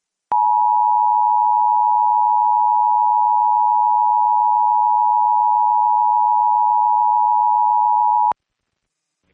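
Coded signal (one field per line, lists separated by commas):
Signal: Emergency Alert System (SAME) tones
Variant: 853 and 960 Hz attention tone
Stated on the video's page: Texas Amber Alert EAS aired on a radio station during a high school football broadcast.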